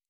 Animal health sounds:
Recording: hydrophone in a shrimp aquaculture tank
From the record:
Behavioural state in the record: normal

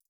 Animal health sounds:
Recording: hydrophone in a shrimp aquaculture tank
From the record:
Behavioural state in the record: feeding

